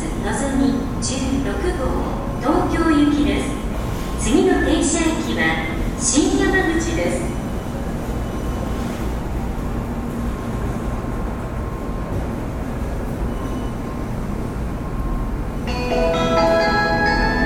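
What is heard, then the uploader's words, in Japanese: A bullet train platform at a station, with a steady low rumble and hiss of a train throughout. In the first seven seconds, bursts of voices and bright clattering rise over the noise, then fade. Near the end, a high chiming melody begins. 小倉駅の音風景（山陽新幹線のりば のぞみ号到着から発車まで）。東京行『のぞみ号』の、到着から発車までの様子です。山陽新幹線 小倉駅での音風景です。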